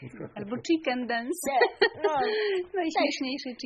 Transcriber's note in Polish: śmiech